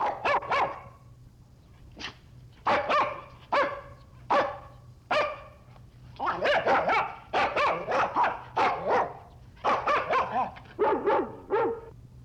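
Small dog barking: sharp single barks spaced a second or so apart, then rapid bursts of two to four barks in quick succession through the second half.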